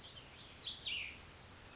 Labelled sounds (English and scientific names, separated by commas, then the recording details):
Cassin's Vireo (Vireo cassinii)
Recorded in Sonoma County, California